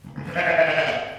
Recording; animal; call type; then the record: contact call of a hoofed animal; sheep; low-frequency (closed-mouth) or high-frequency (open-mouth) call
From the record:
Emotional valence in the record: positive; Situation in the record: reunion with pen mate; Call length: 1.19 s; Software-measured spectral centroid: 1820 Hz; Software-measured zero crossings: 2340 a second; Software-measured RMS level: -23 dBFS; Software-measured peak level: -7 dBFS